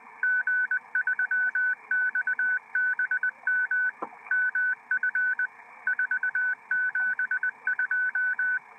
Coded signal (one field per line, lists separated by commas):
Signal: Morse code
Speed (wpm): 20 wpm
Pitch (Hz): 1500 Hz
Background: none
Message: G3XBM MF 472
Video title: 472 kHz Transverter Testing - M1GEO/G8OCV